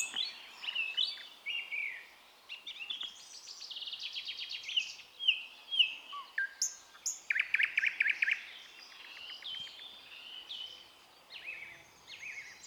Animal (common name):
Thrush Nightingale